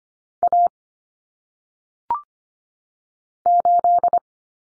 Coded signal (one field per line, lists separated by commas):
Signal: Morse code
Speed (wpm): 25 wpm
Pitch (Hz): 700 Hz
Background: none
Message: A 8